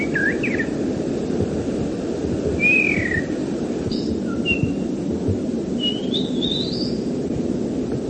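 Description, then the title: Bird song: varied short whistles and chirps, some dropping and some rising, scattered throughout with a few gaps, over a continuous low rumble. "burung online"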